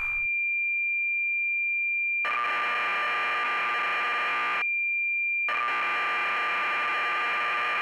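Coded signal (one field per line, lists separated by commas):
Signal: computer data on cassette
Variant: Acorn BBC Micro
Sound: high steady carrier whistle, then harsh buzzing data, a tone gap, more data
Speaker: in the patched version it sounds like this which if you're familiar with such things you will realize is much closer to what an actual be produces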